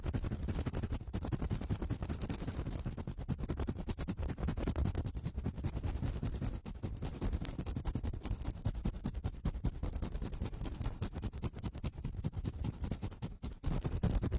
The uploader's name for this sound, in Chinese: 高速、暴力清理耳朵